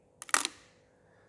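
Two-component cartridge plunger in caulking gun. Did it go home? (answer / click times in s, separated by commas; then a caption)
yes / 0.3 s. A medium to heavy duty caulking gun is pumped with a two-part ARDEX RA 56 adhesive cartridge loaded in it and an empty water bottle fitted over the cap. Two faint clicks come first, then at 0.3 s the loudest, sharp click of the plunger against the cartridge, followed by a short rattle that fades quickly. That click means the plungers are seated and engaged, so parts A and B will be dispensed evenly.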